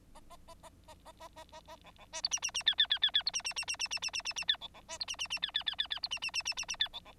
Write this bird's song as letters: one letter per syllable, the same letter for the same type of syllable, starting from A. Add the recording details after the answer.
A A A A A A A A A A B B C D E E E F F F F F D E E E E E E E E E E F B B C D E E E F F F F F D E E E E E E F B B. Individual Bird9